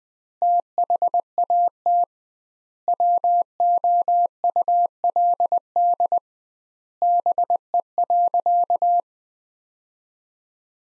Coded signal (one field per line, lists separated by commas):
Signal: Morse code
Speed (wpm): 21 wpm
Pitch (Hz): 700 Hz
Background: none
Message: THAT WOULD BE.